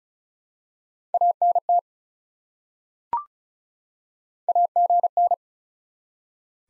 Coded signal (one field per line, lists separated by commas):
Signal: Morse code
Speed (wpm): 36 wpm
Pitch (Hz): 700 Hz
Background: none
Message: ANT AGN